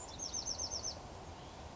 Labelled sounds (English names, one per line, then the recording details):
Bewick's Wren
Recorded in Sonoma County, California